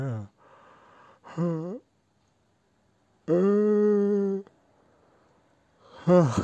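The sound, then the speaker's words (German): A series of voiced yawns: short groaning ones that bend in pitch, then a long, loud, steady drawn-out yawn, with faint breathing in the gaps and another yawn starting at the end. “Dieses Gähnen, das ist uncool.”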